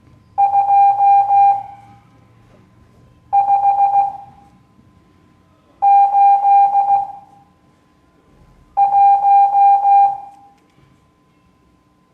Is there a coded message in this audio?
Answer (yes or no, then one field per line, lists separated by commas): yes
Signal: Morse code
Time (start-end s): 0.4-10.1 s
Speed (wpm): 16 wpm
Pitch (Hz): 800 Hz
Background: none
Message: 2581